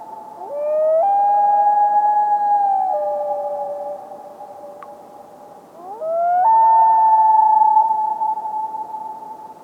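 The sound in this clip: Common loon gives two long wails, each sliding upward and leaping to a held, pure tone; the first steps lower before trailing off.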